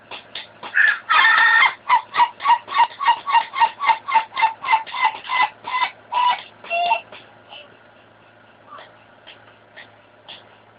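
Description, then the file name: Ayam Ketawa chicken crowing: a loud opening burst, then a long run of quick, even, laugh-like syllables, fading into softer scattered notes. Ayam Ketawa chicken crow in the 'dangdut slow' voice type, described as 'crystal'. "jenis bunyi ayam ketawa suara dangdut slow crystal"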